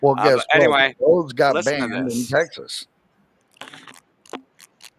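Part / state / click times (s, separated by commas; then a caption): flavor pod into air-flavor inhaler device / seated / 4.3 s. Someone talks for the first few seconds, then a few quiet handling sounds follow as a flavor pod or cartridge with a felt pad for scent is fitted into a small plastic air-flavor inhaler device. A short, sharp click at 4.4 s marks the pod seating in the device, followed by a couple of faint taps.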